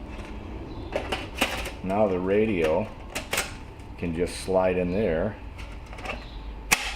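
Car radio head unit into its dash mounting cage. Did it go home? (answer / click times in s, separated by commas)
yes / 6.7 s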